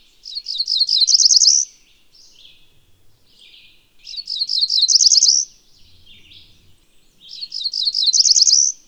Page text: Cerulean Warbler